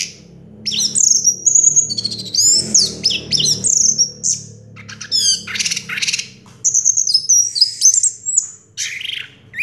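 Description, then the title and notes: Orange-headed thrush song: rapid, varied high whistles and trills in bursts, with brief pauses between phrases and a faint low hum beneath. Song in the teler style, described as clear-voiced; part of a complete collection of this species' songs. "Anis Merah Teler Suara Jernih. kumpulan suara anis merah lengkap"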